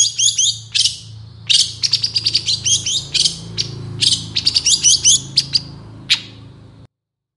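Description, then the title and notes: Long-tailed shrike song: quick clusters of bright chirps and slurred whistles in short phrases, ending with one sharp downward note; low hum beneath. Morning song of a strongly singing cendet, varied 'toet toet' notes, played as a lure to prompt reluctant, stalled or stressed cendet birds to start singing. "Cendet Gacor Dor Di Kala Pagi Toet Toet Variasi Suara. PANCINGAN CENDET MALAS BUNYI CENDET MACET CENDET STRESS. Burung cendet"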